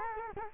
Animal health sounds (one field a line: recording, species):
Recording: mosquito wingbeat signal from an infrared sensor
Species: Culex quinquefasciatus